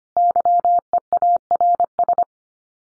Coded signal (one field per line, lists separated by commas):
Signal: Morse code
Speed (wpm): 25 wpm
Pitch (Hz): 700 Hz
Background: none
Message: YEARS